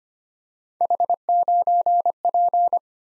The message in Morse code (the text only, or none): H9P